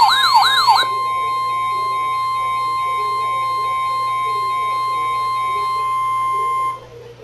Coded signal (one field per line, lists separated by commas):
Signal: Emergency Alert System (SAME) tones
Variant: 1050 Hz attention tone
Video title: EAS Alert #63 - Tornado Watch #2 6/29/14